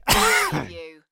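A single abrupt cough from an adult male: a sharp explosive burst followed by a brief voiced, throaty tail, about one second in all. It is an acted cough, a plain cough rather than a clinical finding.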